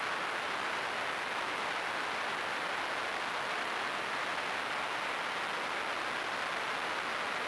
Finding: Tinnitus.